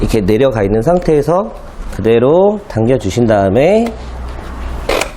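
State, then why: Seated. Someone talks while sliding the sleeve of a water hose quick coupling down and pulling it over the tap adapter for a Kärcher K4 pressure washer. The coupling is pushed on and a sharp click is heard at 5.0 s as it seats onto the tap connector.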